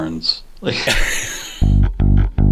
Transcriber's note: laughs